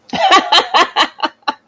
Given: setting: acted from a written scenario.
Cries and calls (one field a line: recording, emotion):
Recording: vocal sound without words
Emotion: amusement